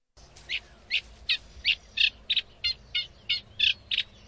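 Bird calls, short bright chirping notes repeated about three times a second in a steady series.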